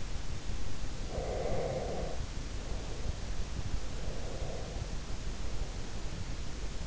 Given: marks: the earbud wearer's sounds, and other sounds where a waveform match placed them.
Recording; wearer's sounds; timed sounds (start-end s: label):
sounds in sleep by an in-ear microphone; breath
1.11-3.45 s: breath
4.04-6.64 s: breath